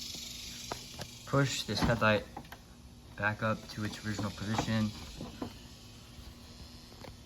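A headlight assembly for a 1999–2004 Mustang is moved back up to its original position in the car front mounting and lined up, ready to be pushed in to lock. Someone talks over a steady background hiss, with a few faint sharp taps at about 0.7, 1.0, 2.5 and 7.1 seconds. Nothing has seated or clicked yet.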